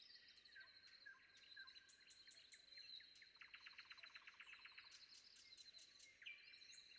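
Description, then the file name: Common nightingale song: a rapid burst of about a dozen sharp repeated notes, over other birds' thin whistles and a steady high background trill. Sung before dawn. "predawn nightingale"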